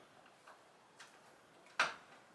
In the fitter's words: so definitely like the build quality go ahead and install the side brush it just clicks right in